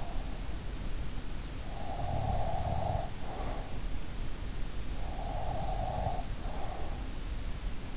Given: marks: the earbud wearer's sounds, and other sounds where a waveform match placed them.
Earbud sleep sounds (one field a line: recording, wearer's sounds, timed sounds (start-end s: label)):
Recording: sounds in sleep by an in-ear microphone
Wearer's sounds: breath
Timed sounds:
1.96-3.57 s: breath
5.51-7.06 s: breath